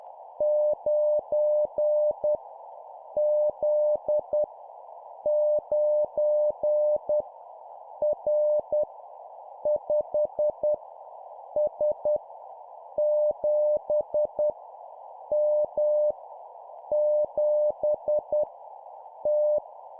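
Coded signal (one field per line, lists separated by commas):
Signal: Morse code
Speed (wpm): 10 wpm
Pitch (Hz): 600 Hz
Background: none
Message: 9 Z 9 R 5 S 7 M 7 T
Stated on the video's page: Morse code learning practice of random letters and numbers at 10 wpm.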